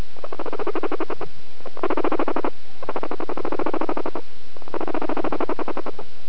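Guinea pig calls: four loud bursts of rapid, rattling, buzzy chattering, each lasting about a second, separated by short pauses.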